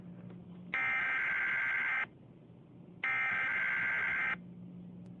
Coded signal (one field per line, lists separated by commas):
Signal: Emergency Alert System (SAME) tones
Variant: header bursts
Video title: Toxic Storm (EAS Scenario)